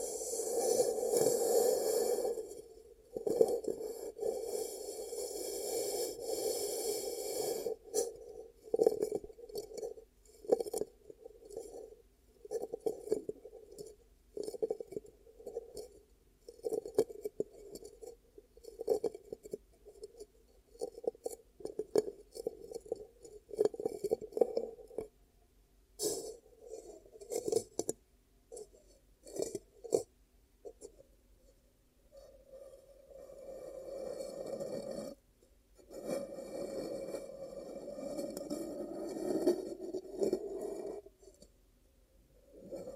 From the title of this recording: ASMR 10 Ear Cupping Triggers